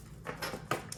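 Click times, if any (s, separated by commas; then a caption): 0.7 s. A plastic housing clip on the body of a small camera drone, a DJI Mini 2, is pushed in hard during disassembly to repair the front right arm and replace the hinge. After some faint rustling, a sharp click at 0.7 s marks the clip releasing from the shell. Two fainter ticks follow.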